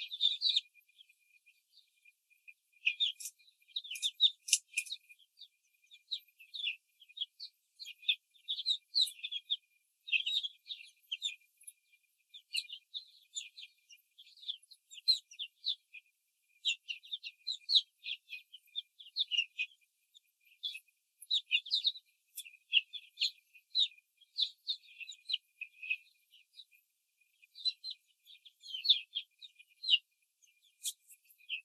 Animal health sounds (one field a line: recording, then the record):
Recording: young laying hens in a cage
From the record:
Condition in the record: control cage, after the stress test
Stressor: none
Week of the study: 4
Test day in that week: 3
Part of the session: 3